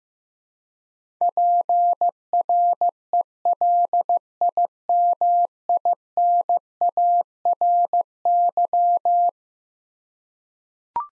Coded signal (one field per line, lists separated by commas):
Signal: Morse code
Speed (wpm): 15 wpm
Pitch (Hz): 700 Hz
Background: none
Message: PRELIMINARY